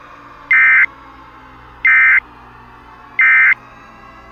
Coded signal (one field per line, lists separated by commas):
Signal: Emergency Alert System (SAME) tones